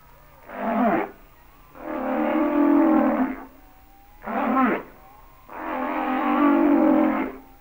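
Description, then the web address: Humpback whale song: short downsweeping grunts alternating with longer sustained harmonic moans, pattern repeating twice, with a faint continuous tone behind. "Natures Songs Whale Songs Sounds of Nature - Humpback Whales"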